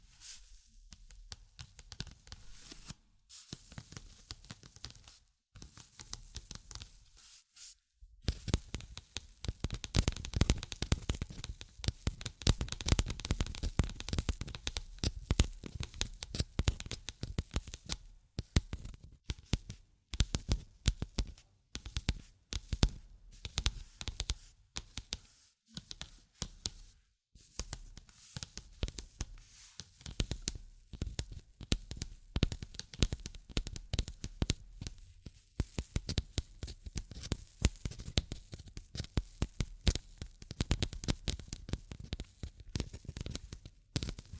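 Tapping and scratching sounds fill the clip as dense, irregular bursts of sharp clicks and rasping strokes, sparse for the first few seconds and then near-continuous from about eight seconds on. Brief gaps break the texture now and then, and the sounds carry both a low thump and a bright edge.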